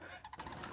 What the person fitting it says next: And hear the click? Perfect.